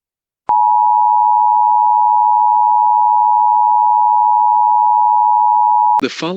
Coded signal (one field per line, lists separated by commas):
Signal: Emergency Alert System (SAME) tones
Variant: 853 and 960 Hz attention tone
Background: speech